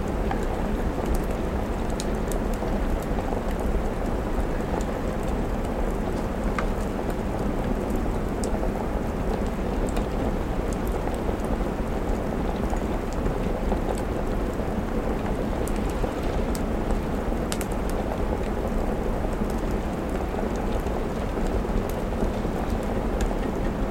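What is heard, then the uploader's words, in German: Gentle autumn rain against a window with a crackling fireplace, a steady, dense patter that holds the same level throughout. A low, soft rumble runs underneath, and brief sharp crackles and taps flicker in irregularly, a few every second or two. Gemütlicher Kamin | Herbstregen am Fenster.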